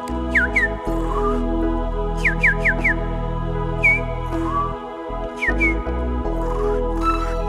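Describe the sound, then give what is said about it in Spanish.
Someone whistles a bird's song in short bursts of quick, high, downward-swooping chirps, repeated in clusters with brief pauses between, over a steady low musical hum. “¿Qué pasa, pajarito? ¿Estás afónico?”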